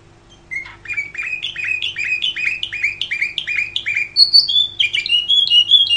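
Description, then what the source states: Canary song opening with a brief note, then a rapid sequence of identical rising chirps climbing slightly, ending in shrill high whistles and fast trills; low background hum throughout. Champion canary song, described as kicau (chirping).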